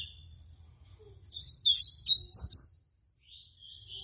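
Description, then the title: Rusty-collared Seedeater: single loud, high warbled phrase from a rusty-collared seedeater, quick rising and falling whistles lasting about a second and a half, then a softer note, over faint rumble. Female bird; song in the tui tui style. "COLEIRO DE GOLA TUI TUI FIBRA"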